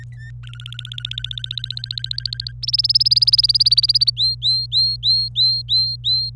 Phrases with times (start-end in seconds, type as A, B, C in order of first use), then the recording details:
0.00-0.30 A, 0.43-2.52 B, 2.63-4.10 C, 4.17-6.30 D. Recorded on 25 April 2018 at 14:16. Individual llb3